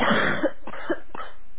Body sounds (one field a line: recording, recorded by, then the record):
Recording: voluntary cough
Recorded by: telephone call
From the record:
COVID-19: positive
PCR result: self-reported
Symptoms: no